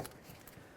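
The locating tabs on the back of a door speaker bracket are lined up with the door shell of a 2001-2005 Ford Explorer Sport Trac and slid in, with faint shuffling and scraping over quiet background noise. A short, sharp click at 0.5 s marks the tabs seating into the door, and the part is then wiggled to check that it is held.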